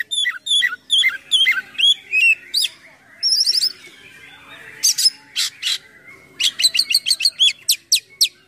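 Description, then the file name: Oriental magpie-robin song: evenly spaced down-slurred whistles, a brief buzzy trill, then loud rasping bursts and quick chips. Full song with many imitated phrases (gacor, full isian), described as luxurious. "KACER GACOR FULL ISIAN MEWAH"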